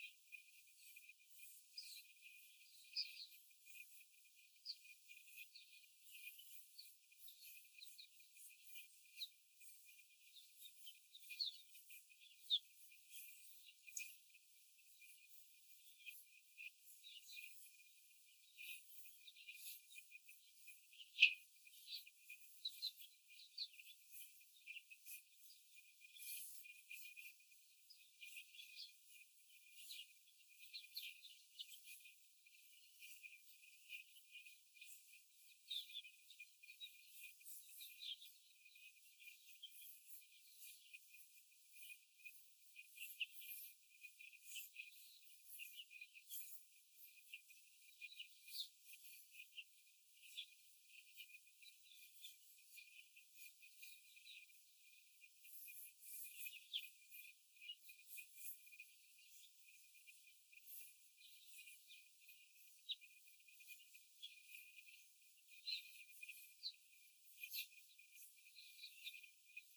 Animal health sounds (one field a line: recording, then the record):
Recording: young laying hens in a cage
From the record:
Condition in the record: before the stressor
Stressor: simulated dog barking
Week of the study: 4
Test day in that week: 1